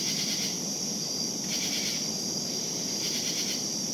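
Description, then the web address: Steady high cricket trilling overlaid with pulsed bursts that come in about every one and a half seconds. Crickets calling at night in savannah. "lynne-publishing Night Crickets Savannah"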